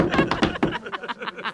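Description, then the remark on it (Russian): Knuckles rap on a wooden table: a few firm, hollow knocks, followed by a quicker run of lighter, softer taps. No one speaks. “Стучат по столу.”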